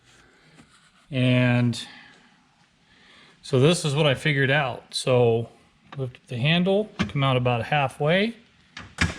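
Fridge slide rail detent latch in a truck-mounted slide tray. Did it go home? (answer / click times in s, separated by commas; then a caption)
yes / 8.8 s. Someone talks while lifting the handle on a metal fridge slider for a Set Power AJ40 fridge in a 2Awolf truck and pulling the slide out about halfway. At 8.8 s, the slide rail's detent latch clicks sharply as the slide locks into its halfway position.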